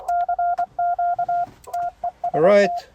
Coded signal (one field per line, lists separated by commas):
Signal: Morse code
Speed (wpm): 24 wpm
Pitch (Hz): 700 Hz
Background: speech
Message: CQ TEST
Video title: How to quickly set up N1MM+ logger and FT-891 transceiver for CW work